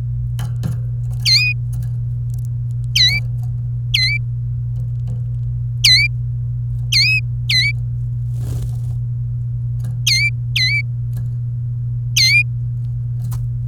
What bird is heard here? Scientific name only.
Serinus canaria